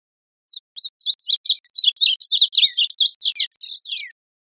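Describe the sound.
Bird song of quick high twitters, starting with a few separate notes and speeding into a dense warbling string that ends on a falling note.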